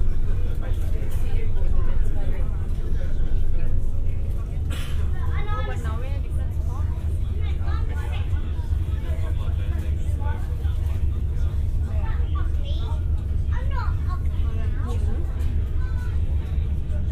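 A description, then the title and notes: Aboard a ferry, a deep steady engine rumble fills the space while several people talk, voices overlapping continuously throughout. Crossing the Solent on Wightlink's Fastcat Catamaran service. I travel on Wightlink’s Wight Ryder 2 ferry from Ryde to Portsmouth, on the south coast of Great Britian. Binaural.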